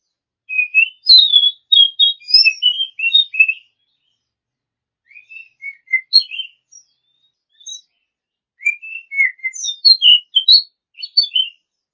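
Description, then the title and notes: Oriental magpie-robin singing varied whistled phrases: a long rich burst, a softer broken passage, then another busy run of high chirps and whistles. Song of a champion bird. "Kicau Burung Kacer Juara. Suara Kicauan Burung Kacer Juara"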